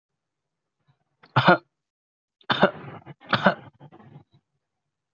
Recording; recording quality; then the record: shallow voluntary cough; excellent, no background noise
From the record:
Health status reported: healthy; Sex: male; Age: 20 years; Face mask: not worn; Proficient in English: yes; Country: India